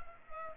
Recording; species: mosquito wingbeat signal from an infrared sensor; Culex pipiens